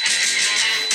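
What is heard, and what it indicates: Steady high-pitched hiss with a thin ringing tone, a simulation of what a person with tinnitus hears.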